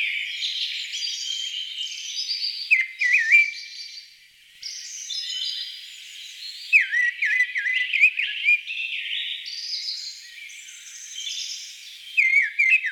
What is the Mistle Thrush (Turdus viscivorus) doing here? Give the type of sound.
song